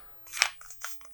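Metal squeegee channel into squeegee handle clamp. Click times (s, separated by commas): 0.4 s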